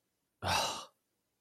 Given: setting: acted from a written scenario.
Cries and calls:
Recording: vocal sound without words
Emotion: anger

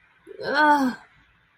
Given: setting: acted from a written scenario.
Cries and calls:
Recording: vocal sound without words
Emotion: guilt

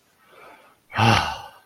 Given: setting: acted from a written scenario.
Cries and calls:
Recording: vocal sound without words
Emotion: relief

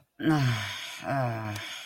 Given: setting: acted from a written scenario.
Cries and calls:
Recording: vocal sound without words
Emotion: shame

